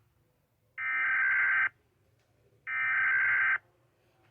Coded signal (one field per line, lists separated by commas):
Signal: Emergency Alert System (SAME) tones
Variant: header bursts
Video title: EAS - ??????????